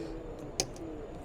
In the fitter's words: et là il ya un petit clic ça y est c'est fait s'est mis dedans